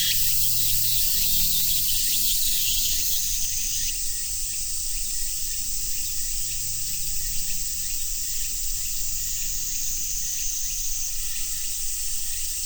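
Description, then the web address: Cicadas drone in a dense high hiss that thins and changes texture around four seconds and again near eleven seconds, with low rumbling noise beneath. "sound cicadas-tsu"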